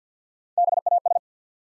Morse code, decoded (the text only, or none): BAS